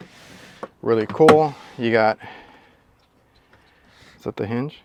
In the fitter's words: handles as well they lock up